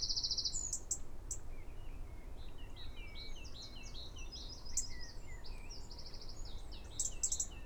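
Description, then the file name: Eurasian wren: a rapid, high-pitched rattling trill opens, followed by scattered squeaky notes and further short trills, with constant low rumbling noise underneath. "Troglodytes troglodytes"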